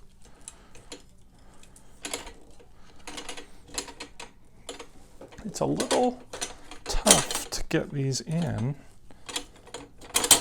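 A tight-fitting frame piece is forced into its socket on the body of a 6.5-foot towering werewolf animatronic Halloween decoration by Home Accents from Home Depot, with scraping, knocking mechanical sounds while someone talks. After the effort, the piece goes home with a sharp hit at 10.3 seconds, seating it in place.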